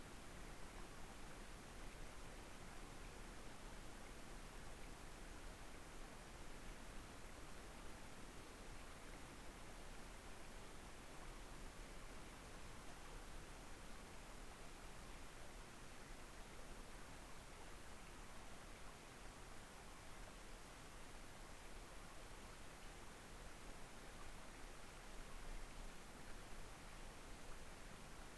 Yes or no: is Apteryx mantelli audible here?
no